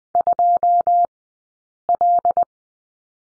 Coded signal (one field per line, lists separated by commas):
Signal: Morse code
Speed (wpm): 20 wpm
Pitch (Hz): 700 Hz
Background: none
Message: 2L